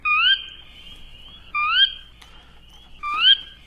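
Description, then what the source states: Sora calls, clear rising whistled notes, each swinging upward and then trailing off, repeated about every one and a half seconds, three times. Played as the mystery bird contest preview; small marsh bird with a mostly slate gray body and a brownish back.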